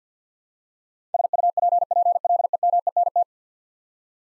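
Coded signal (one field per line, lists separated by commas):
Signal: Morse code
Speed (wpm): 50 wpm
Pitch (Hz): 700 Hz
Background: none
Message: SUPPLEMENT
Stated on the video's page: Head-copy drill of ten-letter words in Morse at 50 wpm, each word sent, spoken, then sent again.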